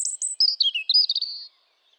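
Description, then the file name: European robin singing a short, rapid phrase that starts with very high squeaky notes and tumbles downward through sweet, jumbled twitters before stopping abruptly. "Erithacus rubecula"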